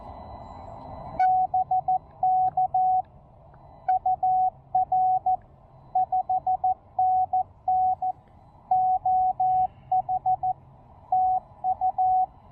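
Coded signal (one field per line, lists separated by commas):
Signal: Morse code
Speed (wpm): 14 wpm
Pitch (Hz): 740 Hz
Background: radio noise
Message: BK UR 5NN OH TU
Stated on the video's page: QRP Parks on the Air activation using a TEN-TEC R4020.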